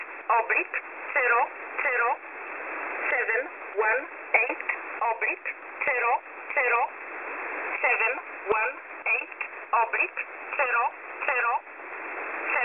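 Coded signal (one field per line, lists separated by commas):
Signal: numbers station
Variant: E11 Oblique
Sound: a voice reading short words at a steady pace over shortwave hiss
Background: radio static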